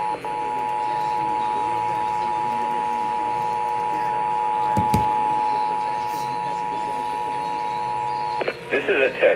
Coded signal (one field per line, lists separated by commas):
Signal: Emergency Alert System (SAME) tones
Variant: 853 and 960 Hz attention tone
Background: speech